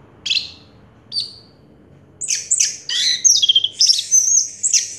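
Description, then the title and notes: Orange-headed thrush song: two short isolated high notes, then a fast run of varied whistled phrases over a low background hum. Anis merah song in the 'teler' style, with a clear voice. "Anis Merah Teler Suara Jernih. suara anis merah"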